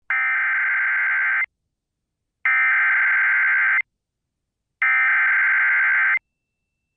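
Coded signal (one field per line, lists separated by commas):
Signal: Emergency Alert System (SAME) tones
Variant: header bursts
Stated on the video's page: Valid EAS tones capable of activating the emergency alert system.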